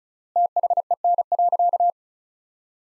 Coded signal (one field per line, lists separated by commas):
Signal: Morse code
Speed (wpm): 36 wpm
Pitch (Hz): 700 Hz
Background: none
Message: THEN.